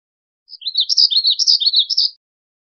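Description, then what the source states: Black-throated gray warbler song: a quick series of buzzy, wheezy notes, high-pitched and slightly wavering, delivered in one phrase lasting under two seconds. Recorded 5 May 2001.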